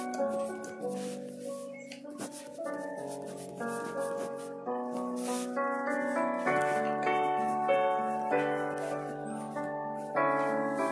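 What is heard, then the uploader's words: Soft piano music plays steadily, with sustained chords that change every second or two and a few brighter melody notes above them. The level stays even throughout. Faint rubbing and light ticking sounds come through now and then beneath the music. Soft piano music. Pencil, flipping pages and typing ASMR. There's sound of typing on the keyboard and stuff.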